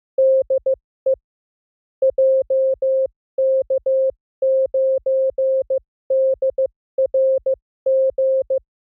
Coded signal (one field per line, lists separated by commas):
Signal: Morse code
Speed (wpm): 15 wpm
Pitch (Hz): 530 Hz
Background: music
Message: DE JK9DRG